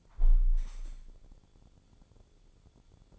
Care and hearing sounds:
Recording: daily activity, microphone in the room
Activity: close window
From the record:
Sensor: 5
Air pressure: 1015.0 hPa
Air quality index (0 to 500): 97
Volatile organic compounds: 2 ppm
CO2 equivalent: 1040 ppm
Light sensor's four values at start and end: 35/80/32/31 and 35/80/32/31

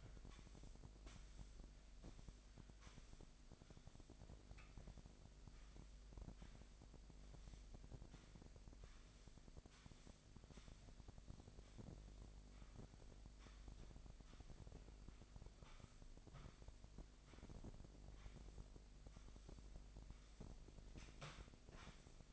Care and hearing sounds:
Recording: daily activity, microphone in the room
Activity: sweep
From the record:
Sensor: 5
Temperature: 25.1 degrees Celsius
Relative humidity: 39.7%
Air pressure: 1001.7 hPa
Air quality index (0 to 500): 181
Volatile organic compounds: 12 ppm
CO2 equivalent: 2326 ppm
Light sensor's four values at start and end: 27/94/35/37 and 27/94/35/37

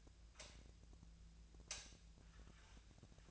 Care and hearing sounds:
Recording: daily activity, microphone in the room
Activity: light on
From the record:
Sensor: 2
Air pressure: 1009.6 hPa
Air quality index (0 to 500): 180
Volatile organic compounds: 10 ppm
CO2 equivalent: 2251 ppm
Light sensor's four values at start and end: 27/65/28/31 and 32/83/35/37

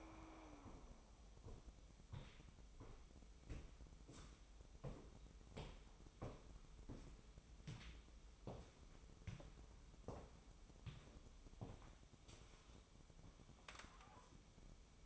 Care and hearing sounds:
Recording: daily activity, microphone in the room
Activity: walk to room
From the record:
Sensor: 1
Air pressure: 988.2 hPa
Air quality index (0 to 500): 194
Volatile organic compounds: 885 ppm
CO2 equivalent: 5197 ppm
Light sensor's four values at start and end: 27/98/37/39 and 24/88/33/35

